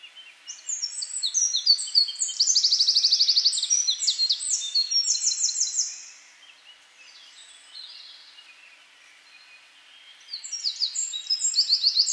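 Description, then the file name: Eurasian wren song: a loud, rapid, high-pitched outpouring of buzzy trills and sharp notes lasting several seconds, a quieter pause, then the song bursts out again. "Troglodytes troglodytes"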